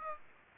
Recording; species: mosquito wingbeat signal from an infrared sensor; Aedes aegypti